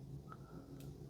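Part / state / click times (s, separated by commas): watch band clip into smartwatch case lug / seated / 0.3 s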